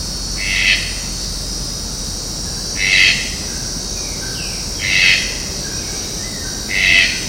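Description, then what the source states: Red-breasted toucan repeating a hoarse, grating croak roughly every two seconds, four calls in all, with faint softer bird notes between them and constant insect hiss. Recorded at the Jardim Botânico, São Paulo, Brazil, on 15 October 2015.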